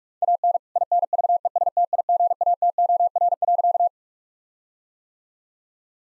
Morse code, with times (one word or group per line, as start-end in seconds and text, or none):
0.2-0.6 AN
0.8-3.9 INVESTIGATOR.